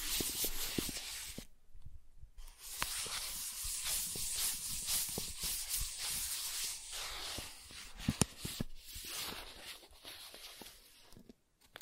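Soft tracing across smooth and rough surfaces makes a steady bright hiss, with a gap near two seconds and occasional small clicks and taps.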